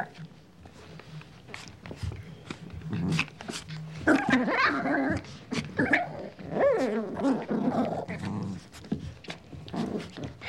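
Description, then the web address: Dog: puppy growling playfully with grumbles and occasional yaps. Puppy barking and growling playfully. "dog puppy barking and growling playful animal"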